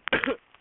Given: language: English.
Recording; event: throat vibration sensor signal played as sound; cough